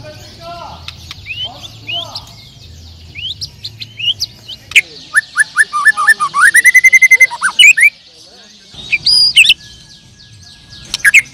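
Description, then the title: Bird song: scattered whistled notes, then a fast trill of rising chirps, a buzzy burst and more sharp whistles against faint bird chatter. "Kicau Burung"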